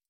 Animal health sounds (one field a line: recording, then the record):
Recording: hydrophone in a shrimp aquaculture tank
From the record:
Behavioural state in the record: stressed